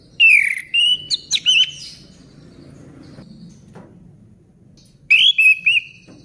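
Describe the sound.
Orange-headed thrush song: a burst of clear, varied whistled phrases with sharp notes, a long pause, then a shorter run of similar whistles near the end.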